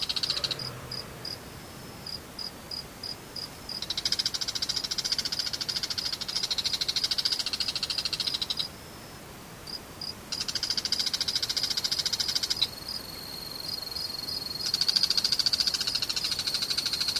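Insects sing in high, bright pulses, alternating between short regular chirps and long dense trilling stretches, with brief quieter gaps around nine and ten seconds.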